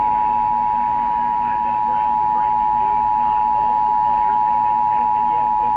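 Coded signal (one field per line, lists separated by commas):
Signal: Emergency Alert System (SAME) tones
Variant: 853 and 960 Hz attention tone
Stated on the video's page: Required Monthly Test heard on broadcast radio and an online stream.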